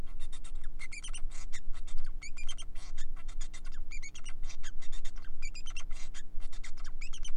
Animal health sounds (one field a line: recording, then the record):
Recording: song of a male Bengalese finch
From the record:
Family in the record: son of father 4